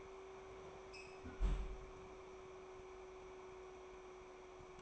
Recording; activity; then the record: daily activity, microphone in the room; close fridge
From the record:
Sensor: 1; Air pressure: 1004.6 hPa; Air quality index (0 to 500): 193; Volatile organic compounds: 16 ppm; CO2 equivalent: 2554 ppm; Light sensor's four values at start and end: 5/11/4/4 and 5/11/4/4